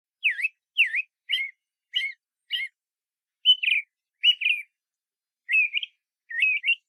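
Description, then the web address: Eyebrowed thrush giving a series of short, sharp chirping notes, singly or in quick pairs, at short intervals. "mamichajinai"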